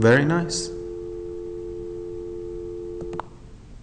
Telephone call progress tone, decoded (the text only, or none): dial tone